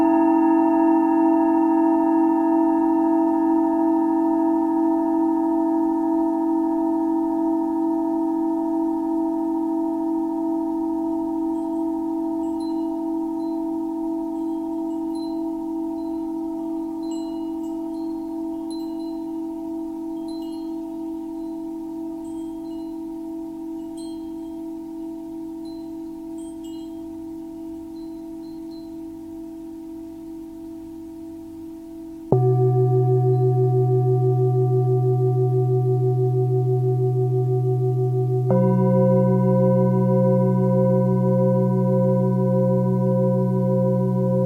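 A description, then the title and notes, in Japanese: A singing bowl rings in a long, slowly fading tone, then is struck again at about 32 and 38 seconds with lower, fuller notes. Tibetan Singiing Bowl。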